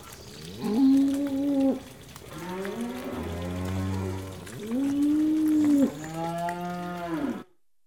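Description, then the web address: Cows lowing: several long, sustained moos, some deep and some higher and bending in pitch, over a background of movement. Cows walking in mud; livestock. "The BBC Sound Effects Library. Cows Walking in Mud"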